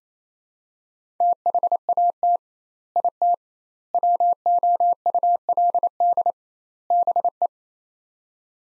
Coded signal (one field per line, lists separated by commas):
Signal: Morse code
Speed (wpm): 28 wpm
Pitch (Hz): 700 Hz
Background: none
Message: THAT IT WOULD BE